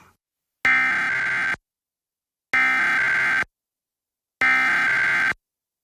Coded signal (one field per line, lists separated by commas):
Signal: Emergency Alert System (SAME) tones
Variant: header bursts